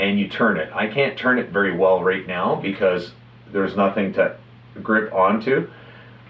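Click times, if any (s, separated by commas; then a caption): none. A threaded die bushing is pushed into the quick-change mount of a Hornady reloading press and turned by hand, but it is hard to turn because there is nothing to grip onto. Someone talks throughout, and the bushing has not yet locked or clicked into place.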